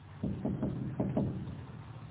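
Four soft knocks on the glass door of a concierge's lodge, landing in two loose pairs, each a short dull rap with little ring, over a faint steady background hiss. No voices.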